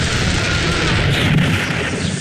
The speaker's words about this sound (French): Bon, comme vous avez pu l'entendre en direct, la foudre s'abat en ce moment sur toute la zone de notre village Falminioul.